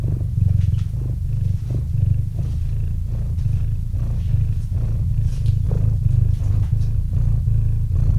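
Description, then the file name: Cat purring, a deep continuous rumble pulsing with each breath, a few soft higher rustles. Domestic cat named Murchik purring into a microphone. "Kot Murchik - Murchanie kota kot murchal v mikrofon"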